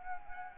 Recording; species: mosquito wingbeat signal from an infrared sensor; Anopheles arabiensis